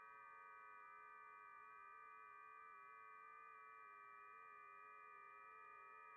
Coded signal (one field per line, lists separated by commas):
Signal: FT8